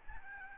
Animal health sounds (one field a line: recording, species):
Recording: mosquito wingbeat signal from an infrared sensor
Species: Aedes albopictus